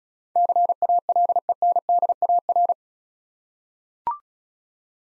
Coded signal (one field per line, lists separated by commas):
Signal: Morse code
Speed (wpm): 36 wpm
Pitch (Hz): 700 Hz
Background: none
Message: CALENDAR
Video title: Easy Words - Speed-Racing with Hints - 28wpm